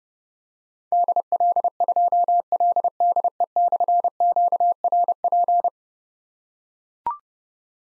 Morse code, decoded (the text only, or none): DL2LDE/QRP